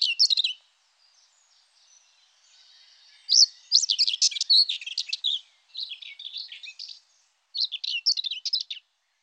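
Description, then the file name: Common whitethroat giving several short, chattering, scratchy song phrases, separated by brief pauses, with soft twittering before the main burst. "Fauvette grisette"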